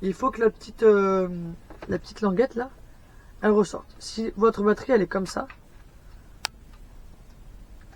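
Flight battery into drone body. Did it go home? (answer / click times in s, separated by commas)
partly / 6.4 s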